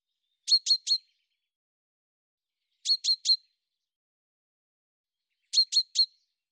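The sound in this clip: Short high-pitched bird chirps come in sets of three, each set spaced roughly two and a half seconds apart.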